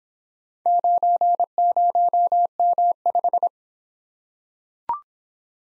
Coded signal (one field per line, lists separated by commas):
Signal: Morse code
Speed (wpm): 26 wpm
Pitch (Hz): 700 Hz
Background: none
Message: 90M5